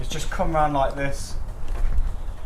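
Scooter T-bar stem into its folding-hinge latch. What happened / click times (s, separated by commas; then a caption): The folding stem is being handled and has not latched yet / none. Someone talks while handling the folded T-bar stem of a Solar Scooters F1 electric scooter, its red release pin already pulled, as they move around to push the stem upright toward its metal folding-hinge latch. Only speech and low handling rumble are heard. The stem has not clicked into place yet.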